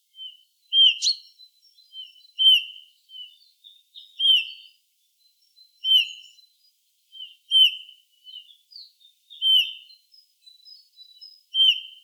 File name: Pyrrhula pyrrhula